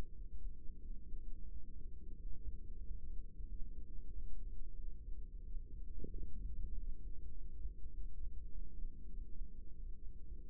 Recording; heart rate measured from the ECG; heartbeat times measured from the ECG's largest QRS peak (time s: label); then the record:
heart sounds by microphone in the right ear; 93 bpm
0.13 s: heartbeat
0.80 s: heartbeat
1.48 s: heartbeat
2.16 s: heartbeat
2.82 s: heartbeat
3.45 s: heartbeat
4.09 s: heartbeat
4.76 s: heartbeat
5.44 s: heartbeat
6.10 s: heartbeat
6.74 s: heartbeat
7.34 s: heartbeat
7.91 s: heartbeat
8.49 s: heartbeat
9.09 s: heartbeat
9.75 s: heartbeat
10.44 s: heartbeat
From the record:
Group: healthy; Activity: rest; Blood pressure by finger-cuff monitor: 128/77 mmHg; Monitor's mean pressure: 95 mmHg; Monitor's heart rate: 92 bpm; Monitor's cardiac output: 7.3 L/min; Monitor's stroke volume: 78 mL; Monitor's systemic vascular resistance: 930 dyn s/cm5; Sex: female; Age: 24 years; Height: 163 cm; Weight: 55.7 kg